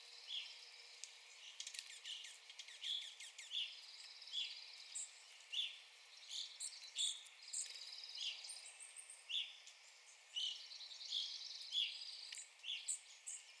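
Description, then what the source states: Evening grosbeak calls, short clear notes in an irregular stream, with faint other chirps and buzzy sounds behind. Recorded 9 April 2021.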